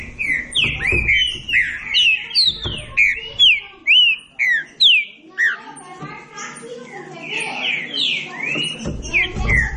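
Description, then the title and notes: Green-winged saltator song of bright, sharply downslurred whistles in quick succession, fading into softer jumbled notes. Classic song style (canto clássico) of the green-winged saltator, used for training singing birds. "Canto Clássico Trinca Ferro TREINAMENTO. trinca fero"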